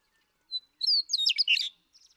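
Western meadowlark with a short whistled note followed by a rolling jumble of fluty warbles, lasting just over a second.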